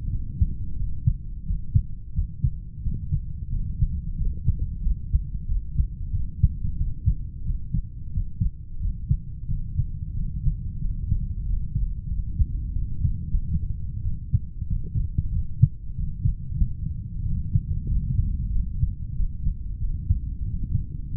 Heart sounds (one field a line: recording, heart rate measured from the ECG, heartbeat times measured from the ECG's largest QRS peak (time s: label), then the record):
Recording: heart sounds by stethoscope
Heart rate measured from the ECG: 91 bpm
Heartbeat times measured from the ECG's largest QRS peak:
0.09 s: heartbeat
0.75 s: heartbeat
1.44 s: heartbeat
2.12 s: heartbeat
2.81 s: heartbeat
3.48 s: heartbeat
4.14 s: heartbeat
4.80 s: heartbeat
5.45 s: heartbeat
6.10 s: heartbeat
6.76 s: heartbeat
7.43 s: heartbeat
8.11 s: heartbeat
8.79 s: heartbeat
9.46 s: heartbeat
10.12 s: heartbeat
10.78 s: heartbeat
11.49 s: heartbeat
12.07 s: heartbeat
12.72 s: heartbeat
13.31 s: heartbeat
14.02 s: heartbeat
14.66 s: heartbeat
15.31 s: heartbeat
15.94 s: heartbeat
16.55 s: heartbeat
17.22 s: heartbeat
17.85 s: heartbeat
18.49 s: heartbeat
19.13 s: heartbeat
19.78 s: heartbeat
20.43 s: heartbeat
21.10 s: heartbeat
From the record:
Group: heart failure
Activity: rest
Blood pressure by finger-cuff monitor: 78/50 mmHg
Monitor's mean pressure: 57 mmHg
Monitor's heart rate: 88 bpm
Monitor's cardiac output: 7.6 L/min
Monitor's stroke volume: 83 mL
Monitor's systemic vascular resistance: 510 dyn s/cm5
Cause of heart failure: idiopathic cardiomyopathy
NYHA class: 2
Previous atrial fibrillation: present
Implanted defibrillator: present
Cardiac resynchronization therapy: present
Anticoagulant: warfarin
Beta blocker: metoprolol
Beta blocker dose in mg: 50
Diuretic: furosemide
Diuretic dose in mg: 40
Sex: male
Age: 62 years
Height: 184 cm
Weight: 101 kg